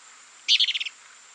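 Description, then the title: Plain-crested elaenia giving a short, quick stuttered series of high chattering notes, about half a second long, against a faint background hiss. Subspecies Elaenia cristata cristata. "LuckyPassaro Completos2Sama. Plain-crested Elaenia (Elaenia cristata cristata)"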